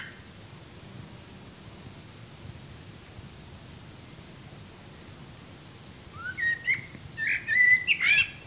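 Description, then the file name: Common blackbird calls arriving late after six seconds of quiet hiss: several short whistled notes and squeaky chips in quick succession. "Turdus merula"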